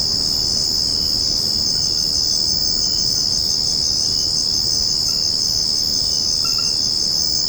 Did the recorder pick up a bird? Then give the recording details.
no. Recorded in secondary vegetation near Puerto Asís, Putumayo, Colombia, on 9 March 2025 at 23:30. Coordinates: 0.481, -76.318. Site G097